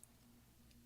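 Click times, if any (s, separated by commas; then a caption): 0.0 s. A plastic scissor hinge for the up arrow key of a mid-2010 13-inch MacBook Pro 1278 (2.66 GHz, MC375, Type J) is fitted into the keyboard retainers, a finicky fit. A sharp click at 0.0 s seats that side of the hinge, followed by a fainter tick at 0.7 s over a steady low hum. The hinge side is confirmed seated.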